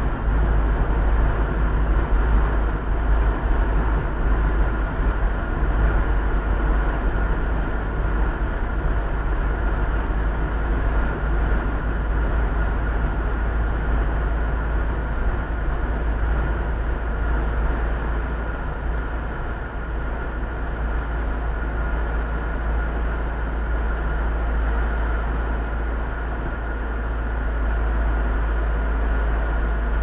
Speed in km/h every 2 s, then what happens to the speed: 41, 41, 40, 39, 37, 35, 32, 26, 22, 15, 10, 5, 0, 0, 0.
0-24 slows to 0. 24-30 standing.